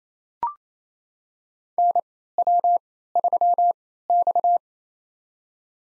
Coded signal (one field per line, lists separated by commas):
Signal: Morse code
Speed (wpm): 27 wpm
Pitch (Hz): 700 Hz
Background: none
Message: NW3X